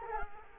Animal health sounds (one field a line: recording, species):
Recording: mosquito wingbeat signal from an infrared sensor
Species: Culex quinquefasciatus